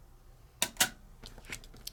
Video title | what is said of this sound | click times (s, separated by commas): Take 2 Tuesday Class 16. Stacey Park Fanciful Framelits by Sizzix & a Technique that is HOLY SMOKES | Did you hear that click? That's like the sound of happiness. | 0.6 s